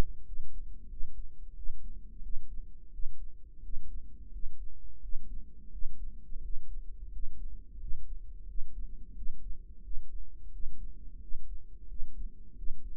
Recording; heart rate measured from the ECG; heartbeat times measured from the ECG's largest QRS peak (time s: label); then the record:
heart sounds by microphone in the right ear; 88 bpm
0.27 s: heartbeat
0.91 s: heartbeat
1.56 s: heartbeat
2.23 s: heartbeat
2.93 s: heartbeat
3.64 s: heartbeat
4.33 s: heartbeat
5.03 s: heartbeat
5.72 s: heartbeat
6.43 s: heartbeat
7.13 s: heartbeat
7.81 s: heartbeat
8.48 s: heartbeat
9.16 s: heartbeat
9.84 s: heartbeat
10.53 s: heartbeat
11.22 s: heartbeat
11.89 s: heartbeat
12.57 s: heartbeat
From the record:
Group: healthy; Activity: rest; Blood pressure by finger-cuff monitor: 135/83 mmHg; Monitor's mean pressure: 100 mmHg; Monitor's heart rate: 88 bpm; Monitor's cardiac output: 7.5 L/min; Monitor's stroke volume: 85 mL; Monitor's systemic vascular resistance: 1020 dyn s/cm5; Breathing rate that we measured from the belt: 18 breaths a minute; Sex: male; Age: 21 years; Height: 175 cm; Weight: 72.6 kg